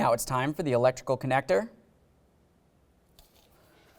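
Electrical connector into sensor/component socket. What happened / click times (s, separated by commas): Electrical connector handled before pushing in / none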